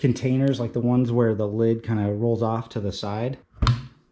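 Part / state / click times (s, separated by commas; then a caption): lid latch on a portable compressor cooler / released / 3.7 s. Someone talks, then the lid latch on a SetPower AJ50 53-quart plastic powered compressor cooler is opened and releases with a sharp click at 3.7 s. The latch clicks open.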